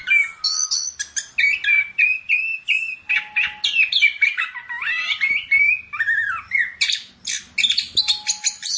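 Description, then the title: Long-tailed shrike song mixing clear rising and falling whistles with buzzy chirps and rapid chattering, continuous and varied, with a faint steady tone heard at times. "Audio Cendet Pentet"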